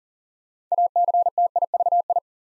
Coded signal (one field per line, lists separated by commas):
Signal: Morse code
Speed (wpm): 38 wpm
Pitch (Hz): 700 Hz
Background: none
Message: ACTIVI